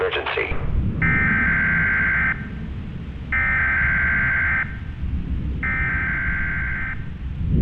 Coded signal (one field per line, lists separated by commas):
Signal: Emergency Alert System (SAME) tones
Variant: header bursts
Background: speech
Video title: Black Mesa blast pit EAS alarm